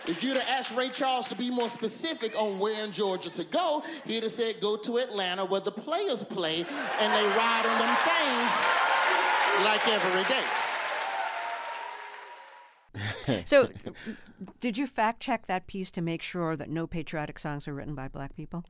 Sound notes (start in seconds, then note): 10.6 cheering, applause; 13.0 laughter